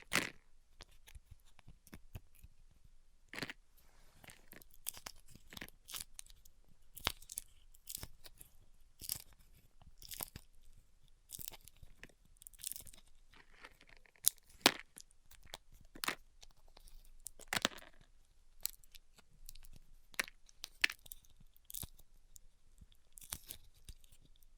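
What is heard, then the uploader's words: A band-aid is peeled off, giving a long run of sharp, crackling ticks and short tearing bursts. The snaps come irregularly, several per second, in uneven clusters with brief pauses between them, against near silence. A few louder pops stand out around fourteen and seventeen seconds. ASMR Ripping Off the Band Aid (No Talking).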